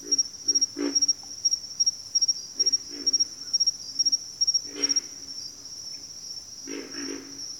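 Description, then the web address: Pig frog calling with deep, rough grunts, some single and some in pairs, while insects keep up a fast shrill pulsing trill. Bayou habitat; more than one frog. "Echoes of Nature - Bayou 02 Pig Frogs"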